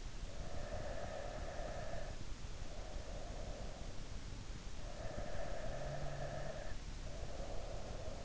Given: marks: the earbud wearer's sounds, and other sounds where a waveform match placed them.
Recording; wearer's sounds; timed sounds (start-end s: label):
sounds in sleep by an in-ear microphone; breath
0.26-3.91 s: breath
4.71-8.25 s: breath